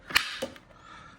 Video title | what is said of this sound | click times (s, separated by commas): How to use a Cordless Hard Floor Washer | Little click | 0.2 s